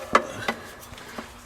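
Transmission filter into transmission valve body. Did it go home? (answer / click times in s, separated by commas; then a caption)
no / none. A new automatic transmission filter for a 2004 Toyota 4Runner, its new O-ring coated with transmission fluid, is pushed up by hand toward its bore in the transmission valve body. Short knocking handling sounds are heard at 0.1 s and 0.5 s, with fainter ones after. The filter has not clicked or seated yet.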